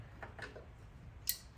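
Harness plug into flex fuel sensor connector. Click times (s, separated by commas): 1.3 s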